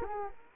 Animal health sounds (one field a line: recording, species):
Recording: mosquito wingbeat signal from an infrared sensor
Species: Anopheles arabiensis